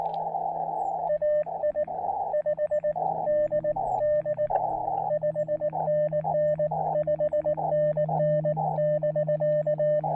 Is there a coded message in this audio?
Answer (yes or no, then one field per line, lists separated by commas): yes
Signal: Morse code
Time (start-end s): 1.1-10.0 s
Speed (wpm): 18 wpm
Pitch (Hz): 600 Hz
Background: radio noise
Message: AI5DD 5NN 5NN <BK>